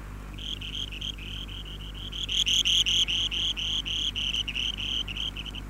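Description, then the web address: Buff-breasted sandpiper calling in a long run of quick, sharp ticking notes that swell louder midway then fade slightly, against a constant low droning hum. "tryngites subruficollis"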